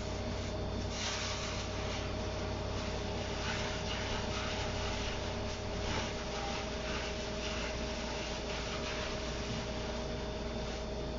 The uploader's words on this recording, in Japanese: キッチンでの物音。粕漬けを作るための粕床を作っています。